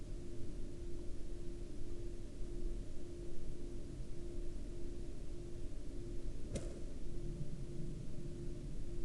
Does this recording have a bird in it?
no